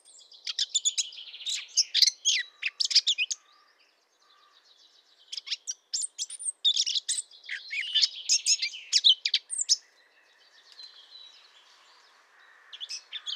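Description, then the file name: Eurasian blackcap song in two bursts of busy, scratchy warbling separated by a short silence, with faint background hiss afterward. "Sylvia atricapilla"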